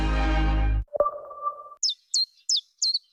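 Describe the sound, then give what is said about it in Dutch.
A chiffchaff sings four high, evenly spaced chirping notes in a steady rhythm, following a burst of music that cuts off and a brief sustained tone. “Wanneer hoor jij de eerste tjiftjaf?”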